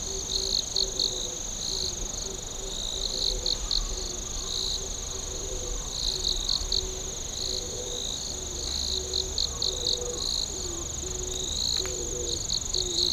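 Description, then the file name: Insect song: rhythmic high buzzing pulses in short clusters over a steady trill, with low repeated twangy notes throughout and a constant background hum. "singing of insect"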